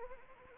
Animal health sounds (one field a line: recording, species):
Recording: mosquito wingbeat signal from an infrared sensor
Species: Anopheles arabiensis